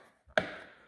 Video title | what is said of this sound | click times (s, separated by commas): 2016 F6B and GL1800 National Cycle Hand Wing Installation | it wasn't tight so now you hearing that hear that click now it's | 0.4 s